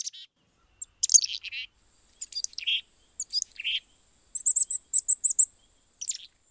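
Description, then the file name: Chickadee calls: buzzy dee notes and high thin chips in short bursts, with a sustained very high whine running through the middle. Recorded around chickadee fledging, 12 June 2015. "2015-06-12 Chickadee Fledge"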